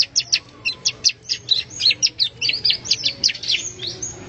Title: Suara Burung Ciblek